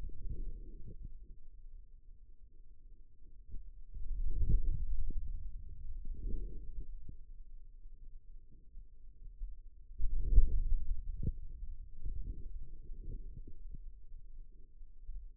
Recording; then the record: forearm muscle sounds (acoustic myography)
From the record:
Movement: hand closing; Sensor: system 2, bracelet of six BSWA MPA416 microphones around the upper forearm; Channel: 4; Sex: male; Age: 22 years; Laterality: right